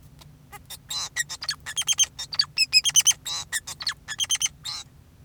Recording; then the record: song of a male Bengalese finch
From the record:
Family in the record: son of father 2, and himself father 4